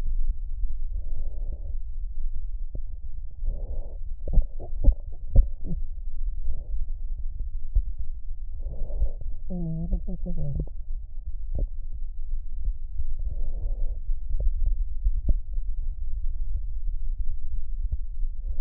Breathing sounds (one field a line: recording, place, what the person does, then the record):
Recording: lung sounds by stethoscope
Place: left anterior apical chest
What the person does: quiet breathing, then cough and speech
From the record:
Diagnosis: COPD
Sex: female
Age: 75 years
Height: 155 cm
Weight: 67.6 kg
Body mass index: 28.1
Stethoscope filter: extended mode